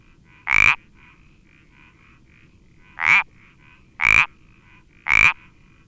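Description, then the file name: Iberian parsley frog: one creaky croak, a pause of over two seconds, then three more croaks about a second apart, faint calls behind. "Sapillo Moteado Iberico Pelodytes Ibericus"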